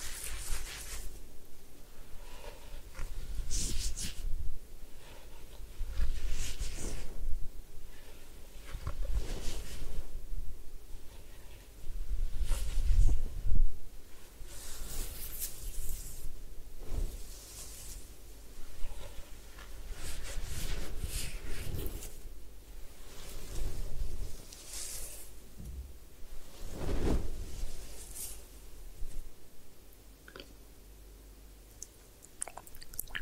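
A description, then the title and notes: A head spa hair wash with massage: soft rubbing and scratching against hair and scalp, with frequent short bright swishes and crackles. Low thumps come in bursts, loudest around 13 and 27 seconds, and the handling stays irregular and dense throughout. Head Spa Hair Wash, Massage, Ear Cleaning.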